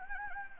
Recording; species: mosquito wingbeat signal from an infrared sensor; Anopheles gambiae